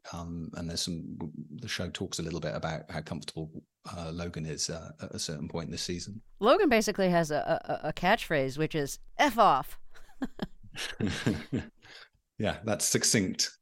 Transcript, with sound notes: And there's some - the show talks a little bit about how comfortable Logan is at a certain point in this season.
Logan basically has a catchphrase, which is, F off.
(LAUGHTER)
Yeah. That's succinct.